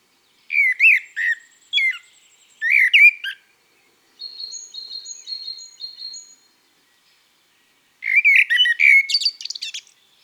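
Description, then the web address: Common blackbird song in warbling bursts with twittery ends, broken by a run of high, thin repeated notes. From an album of garden birds. "Merle noir. album oiseaux-des-jardins"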